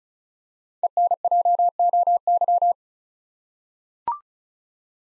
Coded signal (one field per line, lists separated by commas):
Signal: Morse code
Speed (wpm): 34 wpm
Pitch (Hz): 700 Hz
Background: none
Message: ENJOY